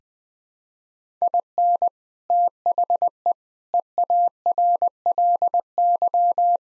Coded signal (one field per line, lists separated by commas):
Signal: Morse code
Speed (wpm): 20 wpm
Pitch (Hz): 700 Hz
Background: none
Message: IN THE EARLY